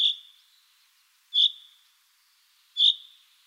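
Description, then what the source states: Common Chaffinch rain call: three short, high, clear notes, each sharp at onset and trailing off, spaced about every 1.4 seconds, no other sounds. Rain call, a regional dialect form; rain calls are learned, not innate, and form local dialects.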